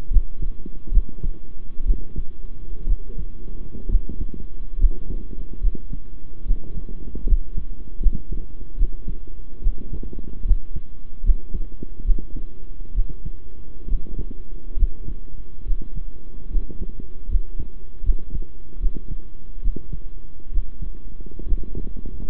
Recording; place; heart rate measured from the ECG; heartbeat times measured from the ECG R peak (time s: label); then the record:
heart sounds by stethoscope; between the tricuspid and mitral areas; 70 bpm
0.10 s: heartbeat
0.91 s: heartbeat
1.85 s: heartbeat
2.86 s: heartbeat
3.88 s: heartbeat
4.78 s: heartbeat
5.60 s: heartbeat
6.45 s: heartbeat
7.26 s: heartbeat
8.00 s: heartbeat
8.77 s: heartbeat
9.61 s: heartbeat
10.44 s: heartbeat
11.23 s: heartbeat
12.04 s: heartbeat
12.94 s: heartbeat
13.87 s: heartbeat
14.76 s: heartbeat
15.65 s: heartbeat
16.50 s: heartbeat
17.28 s: heartbeat
18.03 s: heartbeat
18.80 s: heartbeat
19.62 s: heartbeat
20.51 s: heartbeat
21.46 s: heartbeat
From the record:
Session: rest, sitting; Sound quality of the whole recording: good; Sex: male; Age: 23 years